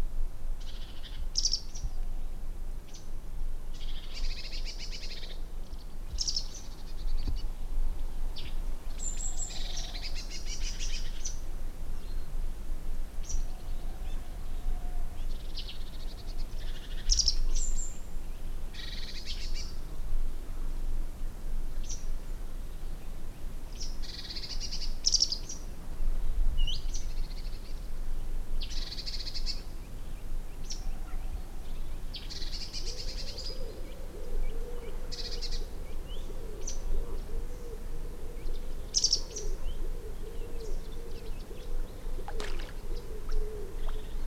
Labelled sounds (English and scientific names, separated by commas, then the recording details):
White Wagtail (Motacilla alba)
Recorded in the wild
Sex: diverse
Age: diverse
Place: Langasjönas, Blekinge, SE
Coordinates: 56.2286, 14.8522
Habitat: lake
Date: 2006-07-30
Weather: clear, ca. 20°C, almost no wind
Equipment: Marantz PMD 660, Sennheiser ME 66, Windkorb
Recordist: Frommolt, Karl-Heinz